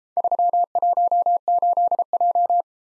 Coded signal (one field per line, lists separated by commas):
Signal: Morse code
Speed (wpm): 34 wpm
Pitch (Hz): 700 Hz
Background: none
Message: 318J